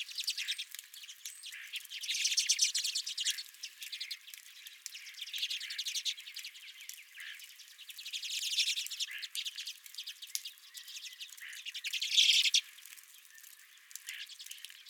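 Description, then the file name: Redpoll flock chatter, rapid dry chips in steady trains with louder buzzy swells early, midway and near the end. Several redpolls at the recordist's feeder. "Redpolls at My Feeder"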